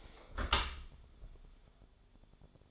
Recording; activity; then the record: daily activity, microphone in the room; close dishwasher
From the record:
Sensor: 5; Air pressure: 1015.0 hPa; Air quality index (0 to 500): 160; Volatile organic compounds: 5 ppm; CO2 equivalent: 1732 ppm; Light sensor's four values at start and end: 38/87/35/35 and 37/86/35/36